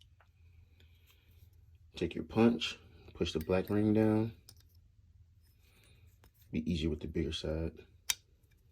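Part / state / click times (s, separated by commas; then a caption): spring part into pistol slide / seated / 8.1 s. A spring part with a black ring is pressed down with a punch into a Glock 23 pistol slide, with the bigger side eased in. Someone talks as it is worked into place, then one sharp click is heard at 8.1 s as the part seats.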